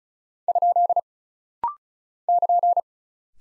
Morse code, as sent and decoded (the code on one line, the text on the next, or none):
..--.. / -.--.
? <KN>